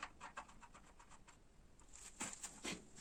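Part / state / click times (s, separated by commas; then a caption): oil drain plug into engine oil pan / not seated / none. Someone threads the wiped oil drain plug back into the steel oil pan of a 2007 Toyota Corolla Verso 2.2 diesel by hand during an oil change with Toyota 08880-83389 oil, before the final torque. Small scraping and tapping sounds are heard, with a quick series of light ticks early on and louder taps after 2 seconds. Nothing has clicked yet.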